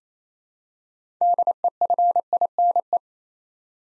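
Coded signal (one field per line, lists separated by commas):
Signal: Morse code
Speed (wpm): 27 wpm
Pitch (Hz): 700 Hz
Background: none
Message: DEFINE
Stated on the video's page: Morse practice: six-letter words sent at 28 wpm, each word sent twice; other speeds from 15 to 25 wpm also offered.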